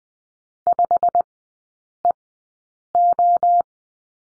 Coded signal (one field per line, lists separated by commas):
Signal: Morse code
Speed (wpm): 20 wpm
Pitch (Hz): 700 Hz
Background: none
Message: 5EO